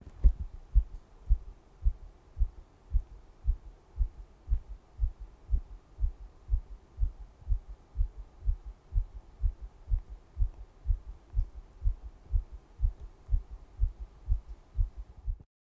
Heartbeat.